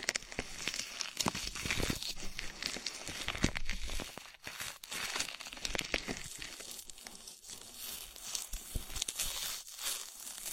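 Wet crackling and slick rubbing from a body oil massage and bubble bath, a dense, bright fizz like popping foam that runs nearly without pause. Sharper crinkly bursts stand out around 1, 3.5, 7.5 and 10 seconds, with brief quiet dips near 4.5 seconds.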